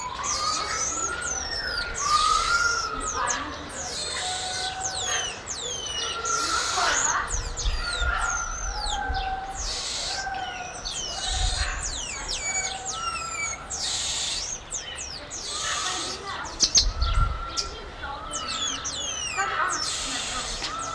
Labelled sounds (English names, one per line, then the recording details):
Cottontop Tamarin call
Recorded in captivity
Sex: group
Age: diverse
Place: Zoo Magdeburg, Sachsen-Anhalt, DE
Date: 1995-04-05
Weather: sonnig, 8°C
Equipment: Sony WM-D6C, Mikro Philips, Kopie Uher 4200 Report Mono
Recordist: Tembrock, Günter
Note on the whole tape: Laute in Gruppe, speziell ein Jungtier (bei einem Adulten). Entfernung ca. 5 m